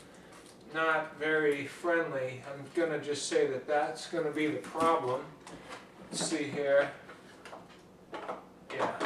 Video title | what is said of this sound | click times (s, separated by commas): Dishwasher repair for GE Soap Cup | it's not latching but there's no electricity or anything | none